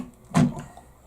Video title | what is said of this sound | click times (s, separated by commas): Sparkys Custom Builds MSI X370 | into place and snap | 0.4 s